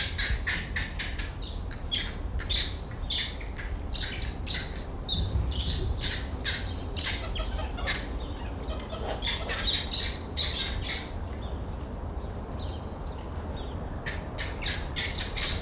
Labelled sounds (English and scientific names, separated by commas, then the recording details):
Barbary Macaque (Macaca sylvanus)
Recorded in captivity
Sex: group
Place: Tiergarten Schönbrunn, AT
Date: 1990-09-02 17:40
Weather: bedeckt, 17°C
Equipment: Marantz CP 430, Sennheiser ME 80, Kopie Uher Variocord
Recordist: Tembrock, Günter